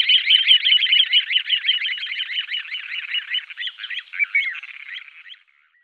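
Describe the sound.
Little ringed plover trilling call: rapid, fast-repeated notes in a steady run, turning looser and more broken toward the end before fading out.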